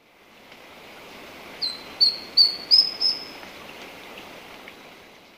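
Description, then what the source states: Esmeraldas antbird gives a brief song of five clear, high whistles climbing gently in pitch, evenly spaced, against quiet background hiss. Recorded in Ecuador.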